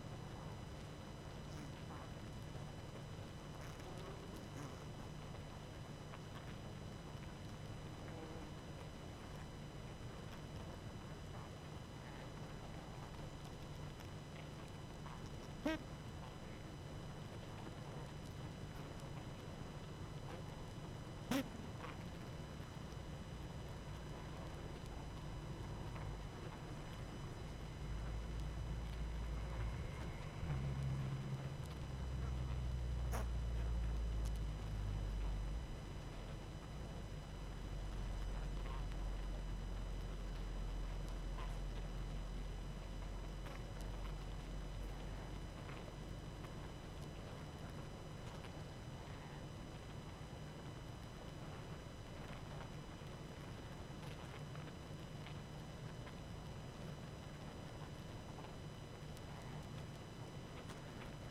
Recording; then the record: honeybee colony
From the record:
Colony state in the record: active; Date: 12 June 2018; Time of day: 20:50